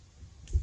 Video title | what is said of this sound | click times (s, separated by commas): Dirt Bike Wheel Bearing Maintenance | See that? And it just clicked in. You can hear it pop. | 0.5 s